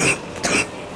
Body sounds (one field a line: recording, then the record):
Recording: coughing mixed with background sound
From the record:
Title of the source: 31 night wet cough